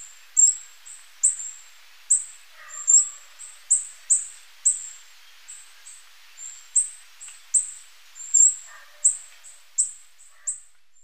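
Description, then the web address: Tawny-bellied hermit calling with a run of piercing high squeaks, some doubled, while a few faint lower notes sound now and then. Ecuador. "Birds of Ecuador Tawny-bellied Hermit"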